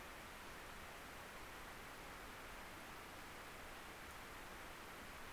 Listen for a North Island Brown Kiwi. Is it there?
no